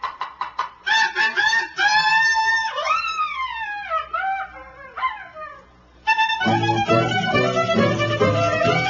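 A bantam rooster crows in loud, strained bursts, its pitch swooping up and down over several seconds, ending in a long, raspy, sustained call. No one speaks.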